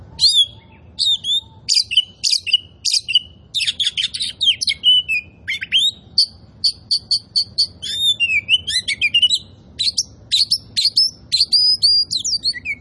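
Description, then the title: Oriental magpie-robin pouring out energetic song: sharp chips, dense scratchy bursts and clear repeated whistled notes, with rising and falling slurs throughout. Sings energetically and continuously (gacor). "Kacer Poci"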